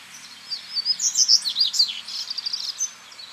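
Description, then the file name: Seedeater, a fast high twittering run of sharp, slurred chirps lasting about two and a half seconds, over a soft background chorus of other small birds. Recorded at El Aromito, Federación, on 8 January 2013 at 19:41. "Corbatita-El-Aromito-Federacion-08012013-1941 hs-Eco Registros"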